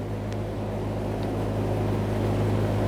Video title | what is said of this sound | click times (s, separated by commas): How to Replace Fuel Pump Assembly 2011-2020 Toyota Sienna | we'll start with that electrical connector we have the Locking tab facing towards the front of the vehicle press it in listen for our click | 0.3 s